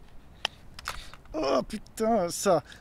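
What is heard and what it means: A plastic dial, clipped onto a camera or bag body with no glue or screw, is popped off by hand with a sharp click at 0.4 s, showing how easily it comes loose and could be lost. A few fainter clicks follow around 0.8 to 0.9 s, and then someone talks.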